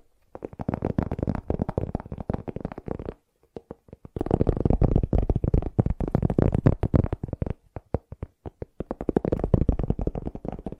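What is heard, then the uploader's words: Fast tapping comes in dense bursts of quick knocks with a hollow, low thump and some brighter clicks on top. Bursts run through the first three seconds, pause briefly, then resume around four seconds and continue with short gaps until the end. ASMR Fast Tapping for Intense Tingles (No Talking).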